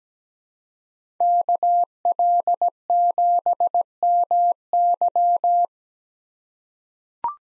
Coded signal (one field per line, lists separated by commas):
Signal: Morse code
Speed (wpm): 17 wpm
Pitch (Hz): 700 Hz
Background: none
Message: KL7MY